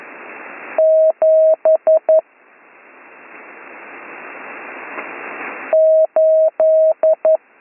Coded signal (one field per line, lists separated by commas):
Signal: Morse code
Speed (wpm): 11 wpm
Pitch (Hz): 630 Hz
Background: none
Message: 78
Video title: Slow Morse Code Course - Week 7 - Learn Morse Code